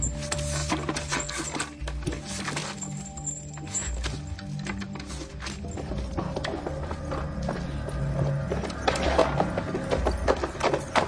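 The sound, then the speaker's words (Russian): Steady clopping of horse hooves pulls a cart carrying riders along, with wooden rattling and a low rolling rumble underneath; the hoofbeats stay rhythmic and moderately loud throughout, no voices. “Тимуджин и Барте едут в повозке.”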